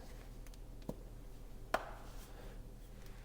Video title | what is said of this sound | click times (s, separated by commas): The Apple Leather Case....From Mujjo?? - iPhone 16 Pro / MAX Hands On Review! | and I should just all pop into place | 1.7 s